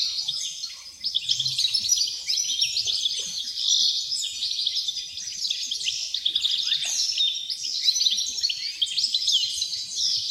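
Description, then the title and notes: Steady chorus of wrens, many high, sparkling trills and chips overlapping continuously. Dozens of wrens in the backyard of a home in Dover, southern Tasmania. "Nature Sounds Tasmania - Dover Wrens. The sounds of dozens of wrens in the backyard of a home in Dover, southern Tasmania"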